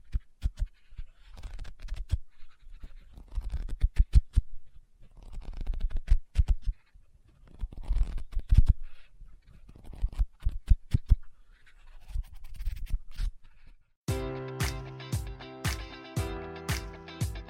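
Tapping and scratching on a book, with soft rustling bursts and sharp knocks scattered irregularly through the first fourteen seconds, some quiet gaps between clusters. From about 14 seconds the sound changes to a steady, rhythmic pattern of bright, ringing taps about twice a second.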